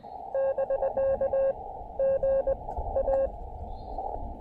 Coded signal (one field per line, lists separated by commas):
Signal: Morse code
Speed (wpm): 20 wpm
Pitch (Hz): 540 Hz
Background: none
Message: <BK> GA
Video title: From the Activation Archives: May 21, 2022 POTA at Little Beaver State Park in West Virginia!